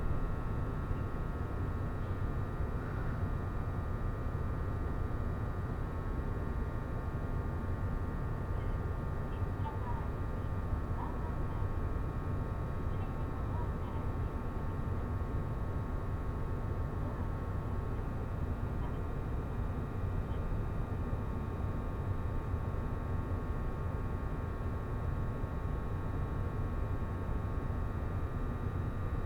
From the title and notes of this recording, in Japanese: 鉄道旅 東北本線 黒磯→新白河。